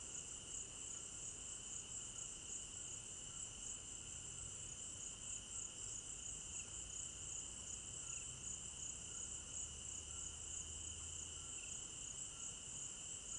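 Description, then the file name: Night crickets in a constant shrill chorus, a high trill over a lower steady tone, with a faint low droning hum partway through. Crickets at night in an African village garden; stereo binaural recording. "African-Village Garden Night Crickets 01 Stereo-Binaural"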